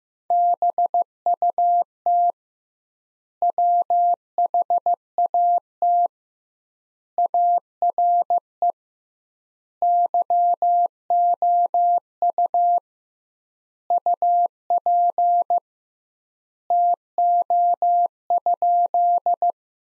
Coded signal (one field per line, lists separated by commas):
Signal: Morse code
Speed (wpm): 15 wpm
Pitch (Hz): 700 Hz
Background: none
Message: BUT WHAT ARE YOU UP TO?